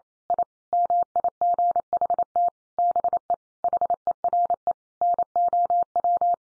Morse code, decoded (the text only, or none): I MIGHT BE HERE NOW